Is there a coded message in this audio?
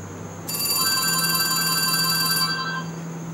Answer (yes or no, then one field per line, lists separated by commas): no